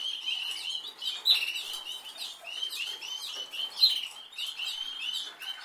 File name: Canary Voice